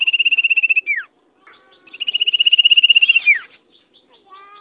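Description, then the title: Bird song: a fast, even trill of rapid high notes that ends in a quick downward slur, given twice, with a short pause between the phrases. "burung online"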